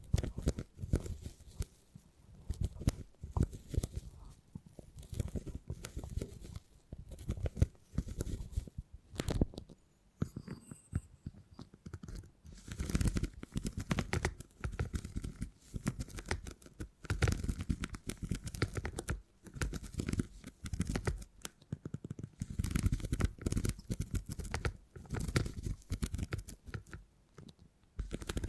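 Tingly sounds made with beeswax: dense, irregular crackling and soft tearing clicks, fuller and heavier in the lows, continue throughout. Around ten seconds the handling briefly thins out and quiets, and a faint high tone appears before the busy crinkling resumes.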